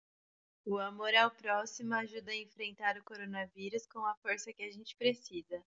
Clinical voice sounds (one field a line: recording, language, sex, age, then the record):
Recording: spoken sentence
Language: Brazilian Portuguese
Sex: female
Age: 30 to 39 years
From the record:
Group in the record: control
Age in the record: 31 years